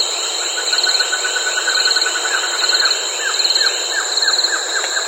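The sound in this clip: Bird calls: a fast trill, then a run of short downslurred notes, all over a constant shrill drone.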